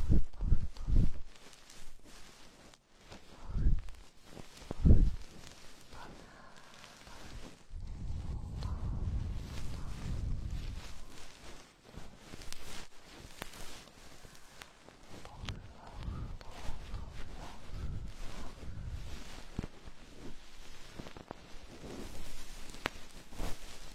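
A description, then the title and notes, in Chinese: A feather stick works inside an ear, giving soft irregular rustles and scrapes, deep muffled thumps near the start, and a longer rumbling swell around ten seconds. 鹅毛棒掏耳朵 轻语。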